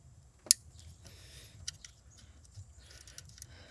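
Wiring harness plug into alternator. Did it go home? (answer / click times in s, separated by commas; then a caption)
yes / 0.5 s. A wiring harness electrical plug is pushed onto a new alternator as it is re-hooked up, and it snaps into place with a sharp, loud click at 0.5 s, showing the connector is seated. Fainter rustling and a few quieter ticks follow around 1.7, 1.9, 3.2 and 3.4 s.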